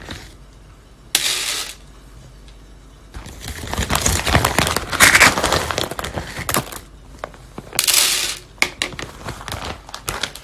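Green coffee beans being roasted, with rustling and crackling that come in bursts. A short bright hiss starts just after the first second, then dense crackles and popping fill the middle stretch. Another brief hiss follows near eight seconds, with scattered clicks to the end.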